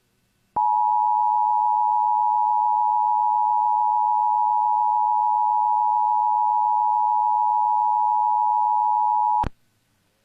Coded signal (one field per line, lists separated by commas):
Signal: Emergency Alert System (SAME) tones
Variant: 853 and 960 Hz attention tone